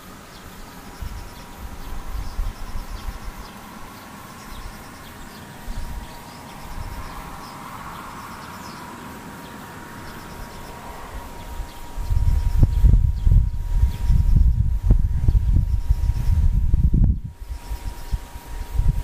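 Insects, heard as a thin, steady tone held at one pitch nearly throughout, with faint high ticking above it and a soft low rumble underneath. From about 12 to 17 seconds, loud low thumping buffets cover everything, then cut off abruptly.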